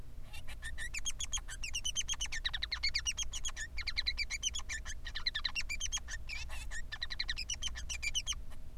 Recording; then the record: song of a male Bengalese finch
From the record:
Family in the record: son of father 3